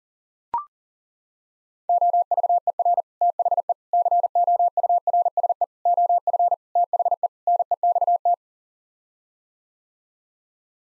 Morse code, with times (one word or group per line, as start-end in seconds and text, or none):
1.9-3.0 OVER
3.2-3.7 THE
3.9-5.6 COURSE
5.9-6.5 OF
6.8-7.3 THE
7.5-8.3 NEXT